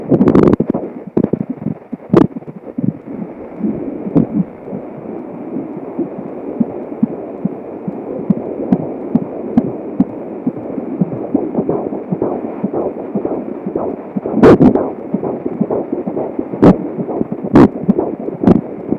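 Fast, regular whooshing pulses run steadily over a muffled hiss, broken by a few loud knocks and clicks from probe movement. This is a fetal heartbeat at 15 weeks of pregnancy, much quicker than an adult's.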